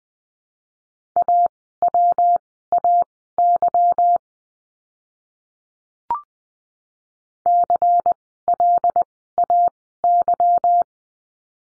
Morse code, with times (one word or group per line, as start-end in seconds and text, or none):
1.2-4.2 AWAY
7.5-10.8 CLAY